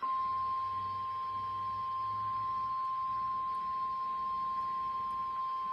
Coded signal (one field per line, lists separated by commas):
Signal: Emergency Alert System (SAME) tones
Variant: 1050 Hz attention tone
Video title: EAS Compilation: 2 TOA/1 TOR/2 FLW/8 SVR | NOAA Weather Radio (4/2/2014)